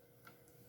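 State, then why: Seated. The plastic fold-out rear stand of a Tecsun H-501X multiband portable radio is folded back down into its recess and gives a short, sharp snap at 0.3 s, followed by a fainter, higher tick at 0.5 s. The stand is seated in place.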